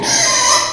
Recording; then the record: squeal of a Yucatan mini pig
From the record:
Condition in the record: before surgery on the right vocal fold (resection and tissue-engineered implant); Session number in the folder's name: 2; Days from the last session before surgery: 0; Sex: male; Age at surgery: 12 weeks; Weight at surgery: 13 kg